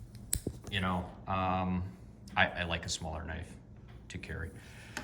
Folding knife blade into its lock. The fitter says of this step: It's heavy. It does a great job. Locks in place.